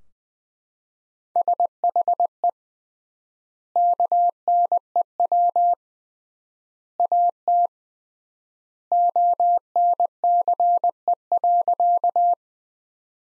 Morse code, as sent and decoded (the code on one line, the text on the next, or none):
... .... . / -.- -. . .-- / .- - / --- -. -.-. . .-.-.-
SHE KNEW AT ONCE.